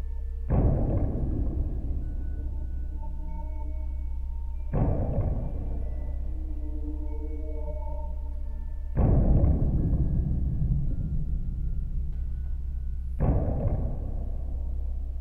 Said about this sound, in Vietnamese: Ông đánh một hồi trống dài, giòn giã, phá tan không gian đang lưu trai ma quái, thê lương bởi giông bão ở bên ngoài.